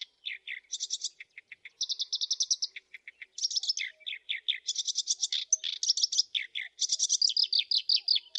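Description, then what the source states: Black-browed reed warbler song of varied rasping phrases, buzzy trills alternating with lower squeaky notes, delivered almost without break. Masteran training recording.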